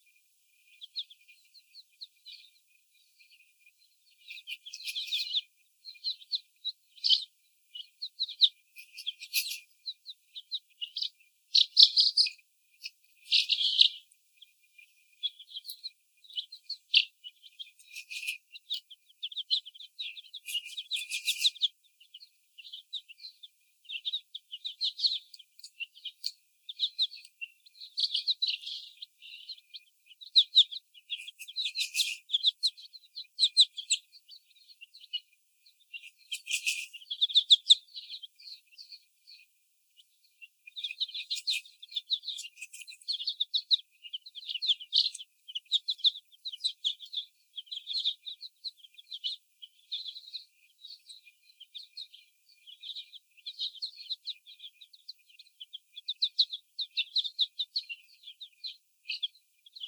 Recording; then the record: young laying hens in a cage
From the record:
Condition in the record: before the stressor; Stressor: sudden umbrella opening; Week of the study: 1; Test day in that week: 1